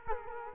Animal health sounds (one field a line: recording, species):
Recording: mosquito wingbeat signal from an infrared sensor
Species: Culex quinquefasciatus